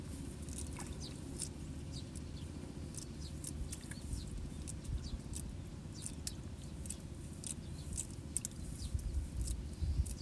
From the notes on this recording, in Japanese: 田んぼの水面の音、賑やかに鳴き続けるスズメ、時折聞こえるカエルの声。